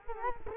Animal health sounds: mosquito wingbeat signal from an infrared sensor; Culex quinquefasciatus

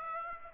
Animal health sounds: mosquito wingbeat signal from an infrared sensor; Aedes aegypti

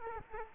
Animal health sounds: mosquito wingbeat signal from an infrared sensor; Culex quinquefasciatus

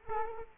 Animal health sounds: mosquito wingbeat signal from an infrared sensor; Culex quinquefasciatus

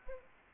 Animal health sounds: mosquito wingbeat signal from an infrared sensor; Anopheles gambiae

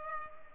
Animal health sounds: mosquito wingbeat signal from an infrared sensor; Culex pipiens

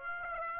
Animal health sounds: mosquito wingbeat signal from an infrared sensor; Aedes aegypti

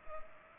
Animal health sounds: mosquito wingbeat signal from an infrared sensor; Culex pipiens

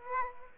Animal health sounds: mosquito wingbeat signal from an infrared sensor; Aedes aegypti

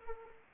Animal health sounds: mosquito wingbeat signal from an infrared sensor; Anopheles arabiensis

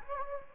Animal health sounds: mosquito wingbeat signal from an infrared sensor; Anopheles gambiae

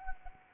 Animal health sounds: mosquito wingbeat signal from an infrared sensor; Anopheles arabiensis

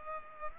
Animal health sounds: mosquito wingbeat signal from an infrared sensor; Culex pipiens

